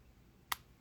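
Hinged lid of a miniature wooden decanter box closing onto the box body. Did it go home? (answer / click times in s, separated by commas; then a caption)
yes / 0.5 s. The hinged lid of a small wooden miniature decanter case with brass hardware closes onto the box body. It snaps shut with a single short, bright click at 0.52 s against a quiet background. The lid is seated closed.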